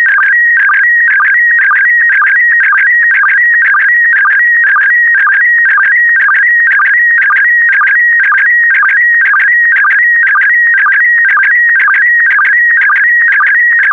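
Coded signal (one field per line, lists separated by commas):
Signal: SSTV (slow-scan television)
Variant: PD120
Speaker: the next image transmission will start in 10 seconds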